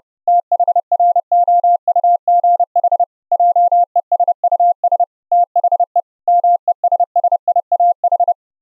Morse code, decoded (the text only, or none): THROUGH JESUS THE MESSIAH